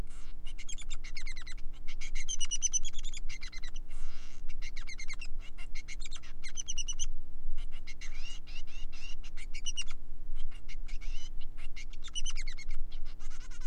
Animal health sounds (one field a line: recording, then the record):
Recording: song of a male Bengalese finch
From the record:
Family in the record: son of father 3